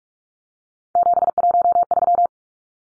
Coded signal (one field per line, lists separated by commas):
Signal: Morse code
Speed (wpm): 44 wpm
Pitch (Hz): 700 Hz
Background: none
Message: 713